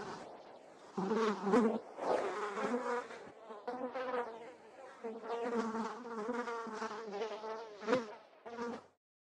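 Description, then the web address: Fly buzzing: a low droning hum that swells, wavers and changes pitch as it comes and goes, with brief pauses before cutting off. "animals flies"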